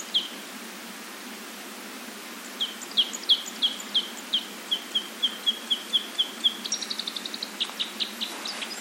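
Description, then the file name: Red crossbill with a steady string of evenly spaced high kip notes that speeds into a quick chattering run at the end. "isuka"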